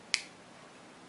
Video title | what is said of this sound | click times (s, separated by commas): Lorraine Westbrook Check Blood Sugar | I hear that click then | 0.1 s